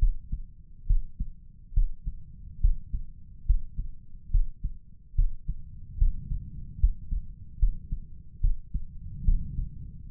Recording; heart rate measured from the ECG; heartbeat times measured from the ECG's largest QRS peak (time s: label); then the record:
heart sounds by stethoscope; 72 bpm
0.86 s: heartbeat
1.73 s: heartbeat
2.60 s: heartbeat
3.45 s: heartbeat
4.30 s: heartbeat
5.15 s: heartbeat
5.97 s: heartbeat
6.79 s: heartbeat
7.59 s: heartbeat
8.40 s: heartbeat
9.24 s: heartbeat
10.09 s: heartbeat
From the record:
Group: healthy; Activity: rest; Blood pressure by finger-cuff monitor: 130/85 mmHg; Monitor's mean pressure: 102 mmHg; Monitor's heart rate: 70 bpm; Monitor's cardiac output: 5.2 L/min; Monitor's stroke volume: 74 mL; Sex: male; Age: 35 years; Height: 178 cm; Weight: 64 kg